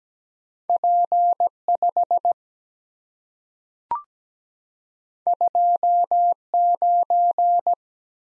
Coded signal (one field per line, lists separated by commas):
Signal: Morse code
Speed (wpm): 17 wpm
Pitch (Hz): 700 Hz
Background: none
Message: P 5 2 9